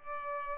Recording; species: mosquito wingbeat signal from an infrared sensor; Culex pipiens